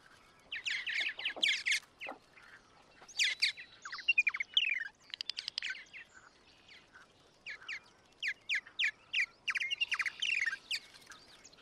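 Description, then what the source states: Purple Martins chattering: bursts of gurgling, chirping and creaky notes, apparently from more than one bird, coming in quick clusters with short pauses between them. Sounds like more than one individual, likely recorded at a martin house with a colony; very chatty.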